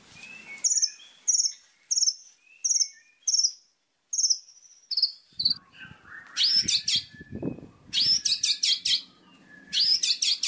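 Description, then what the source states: White-rumped shama song: a steady run of thin high whistled notes, then harsher rapid bursts of chattering song over faint low rustling. Training recording of murai batu song intended for teaching captive songbirds, known as masteran.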